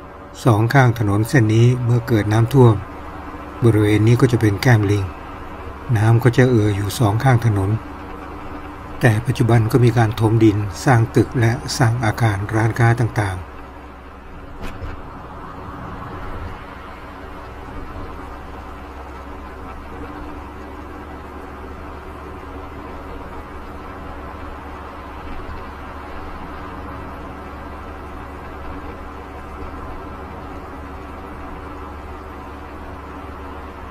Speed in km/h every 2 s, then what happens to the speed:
56, 54, 54, 53, 52, 51, 50, 48, 47, 47, 47, 49, 50, 50, 50, 50, 50.
0-15 slows to 47. 15-34 steady at about 50.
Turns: none.